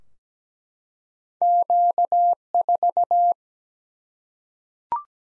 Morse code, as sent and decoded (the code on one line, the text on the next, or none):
--.- ....-
Q4